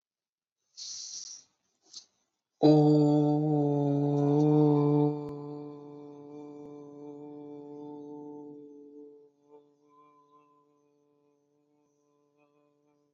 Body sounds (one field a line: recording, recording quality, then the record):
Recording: sustained vowel as in boot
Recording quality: excellent, no background noise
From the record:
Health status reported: COVID-19 positive, mild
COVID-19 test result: positive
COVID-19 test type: RT-PCR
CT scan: not taken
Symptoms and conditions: cough, cold, fever, fatigue, muscle pain, loss of smell and taste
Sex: male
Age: 27 years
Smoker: no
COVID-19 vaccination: both doses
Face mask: not worn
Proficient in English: yes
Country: India